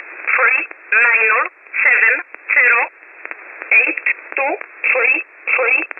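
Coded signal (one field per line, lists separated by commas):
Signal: numbers station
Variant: E11 Oblique, English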